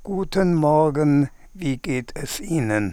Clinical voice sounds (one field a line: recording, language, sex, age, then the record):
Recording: spoken sentence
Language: German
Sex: male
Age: 70 to 79 years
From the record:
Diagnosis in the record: presbyphonia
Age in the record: 76 years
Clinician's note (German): Vox senilis